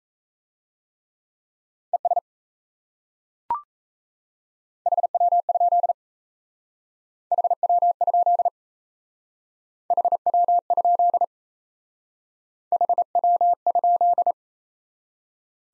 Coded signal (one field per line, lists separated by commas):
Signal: Morse code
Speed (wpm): 36 wpm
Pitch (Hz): 700 Hz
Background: none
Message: ES HW? HW? HW? HW?